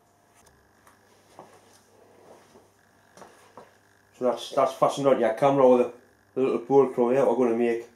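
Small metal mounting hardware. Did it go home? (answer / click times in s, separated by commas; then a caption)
no / none. A camera quick-release plate is handled near a tripod head, with a few faint taps and knocks in the first four seconds before someone talks. Nothing has seated or clicked yet; the plate has not gone into the tripod head's quick-release socket by the end of the clip.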